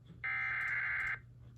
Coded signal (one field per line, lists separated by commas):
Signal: Emergency Alert System (SAME) tones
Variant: header bursts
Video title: EAS 713 TOR from NWS MPX